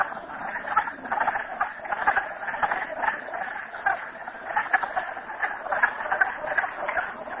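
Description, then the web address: Chorus of frogs, many rough trilled calls layered into a steady hum, with occasional louder notes poking through. Frogs at Merryspring. "audio frogs merryspring 42008"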